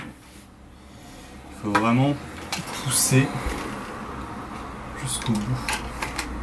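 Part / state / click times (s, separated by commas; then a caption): bolt lever of an airsoft shotgun receiver / not seated / none. Someone talks while working the bolt lever of an airsoft M26-style shotgun receiver, which must be pushed all the way forward to engage. Short handling sounds are heard, with sharp clicks near 6.0 s and 6.2 s. The clip ends before the lever is home, so nothing has seated or clicked into place yet.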